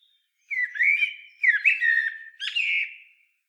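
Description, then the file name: Common blackbird song: three mellow fluted phrases near the middle of its range, each sliding and warbling briefly, with faint higher twittering edges, about one per second. "Turdus merula"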